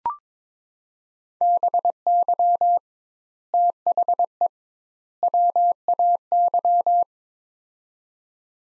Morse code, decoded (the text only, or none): BY THE WAY